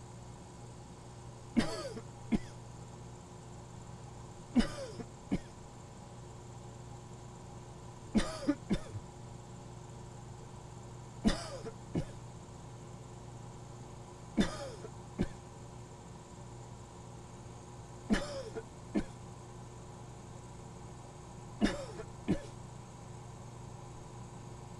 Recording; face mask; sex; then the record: voluntary coughing; none; male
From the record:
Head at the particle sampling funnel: tilted up or above it, chin in front of it